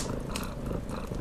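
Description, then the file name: Domestic cat giving a continuous low, throbbing purr with faint rustles over the short stretch. Cat meowing, purring and behaving affectionately. "Koshka dovolno myaukaet murlychet i laskaetsya"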